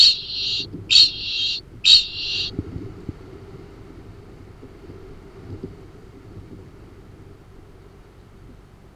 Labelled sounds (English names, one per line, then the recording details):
Kākāpō ching call
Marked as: faintness 1/5
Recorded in New Zealand
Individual Arab